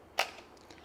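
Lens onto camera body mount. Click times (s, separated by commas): 0.2 s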